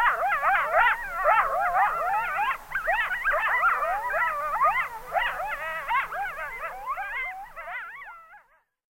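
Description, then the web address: Coyotes yipping and howling together in a dense wavering chorus of rising and falling cries that thins out and fades in the final seconds. "Wildlife Sounds. Coyote"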